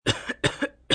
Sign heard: Cough Kid Light.